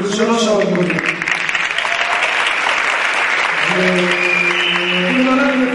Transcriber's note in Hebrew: הקהל מוחא כפים